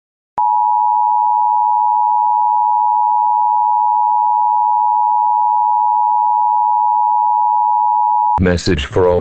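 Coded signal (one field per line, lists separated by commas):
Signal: Emergency Alert System (SAME) tones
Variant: 853 and 960 Hz attention tone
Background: speech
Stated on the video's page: Compilation of real civil (non-weather) EAS alerts.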